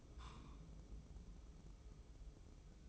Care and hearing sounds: daily activity, microphone in the room; take from stove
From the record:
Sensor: 1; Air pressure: 995.4 hPa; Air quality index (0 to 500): 28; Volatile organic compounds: 1 ppm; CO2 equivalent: 534 ppm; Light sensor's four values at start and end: 28/101/38/40 and 28/101/38/40

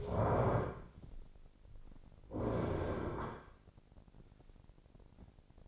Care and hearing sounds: daily activity, microphone in the room; stand up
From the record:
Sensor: 5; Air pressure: 1009.3 hPa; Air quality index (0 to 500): 156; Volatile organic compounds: 2 ppm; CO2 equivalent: 1198 ppm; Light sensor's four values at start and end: 206/494/209/225 and 208/498/210/227

